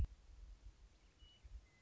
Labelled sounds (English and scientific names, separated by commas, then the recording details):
Western Meadowlark (Sturnella neglecta)
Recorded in Sonoma County, California